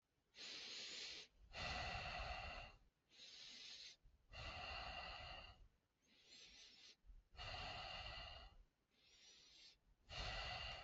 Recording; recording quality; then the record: shallow breathing; excellent, no background noise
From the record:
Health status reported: healthy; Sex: male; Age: 59 years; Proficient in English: yes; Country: India